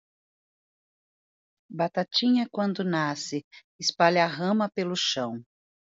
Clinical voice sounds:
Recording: short text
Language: Brazilian Portuguese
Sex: female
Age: 50 to 59 years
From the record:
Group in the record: control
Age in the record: 59 years

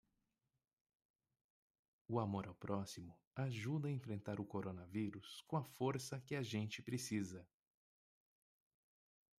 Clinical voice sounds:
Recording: spoken sentence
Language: Brazilian Portuguese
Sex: male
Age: 30 to 39 years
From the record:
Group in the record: control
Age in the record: 38 years

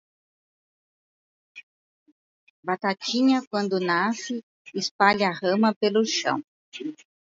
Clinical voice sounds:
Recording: short text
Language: Brazilian Portuguese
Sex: female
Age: 60 to 69 years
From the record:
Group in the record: control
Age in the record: 63 years

